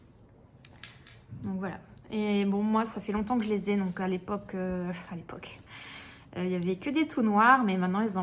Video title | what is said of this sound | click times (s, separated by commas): Débuter les amigurumis : #1 le matériel | Après il faut appuyer fort juste entendre des clics pour être sûr que il ne peut pas il ne puisse pas se détacher. | 0.7 s, 0.8 s, 1.1 s